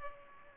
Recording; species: mosquito wingbeat signal from an infrared sensor; Culex pipiens